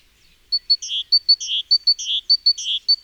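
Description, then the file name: Great tit starts calling after a half-second pause, alternating sharp high notes with rasping churrs in a steady rhythm. "Parus major"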